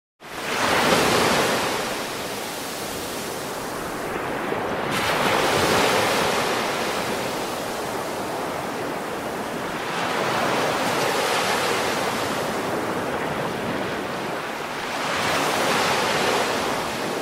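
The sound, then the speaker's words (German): Ocean waves break on a shore in a steady rhythm, four broad hissing surges rising and falling in a continuous wash of surf, with no voices. “Das Meer ist keine Landschaft.”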